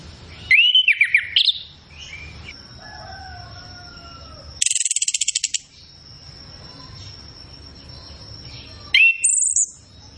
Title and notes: Masteran Anis Kembang Full Isian Untuk Suara Pancingan Anis Kembang Agar Cepat Ngeplong. Suara Burung Anis Kembang